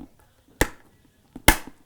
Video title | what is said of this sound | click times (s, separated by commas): Shoei J Cruise Jet Helmet Review - ChampionHelmets.com | push it on till it clicks and then you can close it up nice and easy to change out now | 0.6 s, 1.5 s